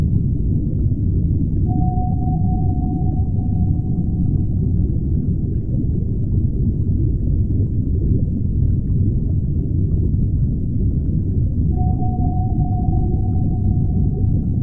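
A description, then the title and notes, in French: A submarine's deep, dense rumble runs steadily from start to finish. A clear, unwavering mid-pitched sonar tone holds for about three seconds near the start, then returns around the twelfth second and continues to the end. Sous-marin avec sonar.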